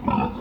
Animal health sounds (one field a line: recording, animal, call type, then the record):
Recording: contact call of a hoofed animal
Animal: wild boar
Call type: grunt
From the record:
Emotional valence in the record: negative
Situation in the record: naturally occurring agonistic interactions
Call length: 0.41 s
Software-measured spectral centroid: 1140 Hz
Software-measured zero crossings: 1220 a second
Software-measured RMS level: -24 dBFS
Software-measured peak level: -8 dBFS